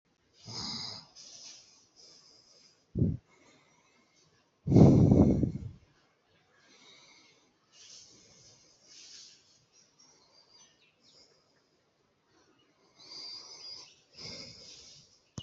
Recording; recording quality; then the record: deep breathing; moderate, slight background noise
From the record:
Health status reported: healthy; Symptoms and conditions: hypertension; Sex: male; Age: 47 years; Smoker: not ticked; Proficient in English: yes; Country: India